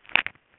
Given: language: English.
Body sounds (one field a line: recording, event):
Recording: throat vibration sensor signal played as sound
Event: swallow